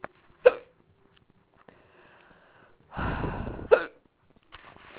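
Two abrupt, sharp hiccups from an adult woman, each a brief high-pitched 'hic', about three seconds apart, on an otherwise quiet background. A short burst of rustling or breathy noise comes just before the second one. Her fourth bout of hiccups that day; ordinary involuntary hiccups, the diaphragm jerking and the throat snapping shut.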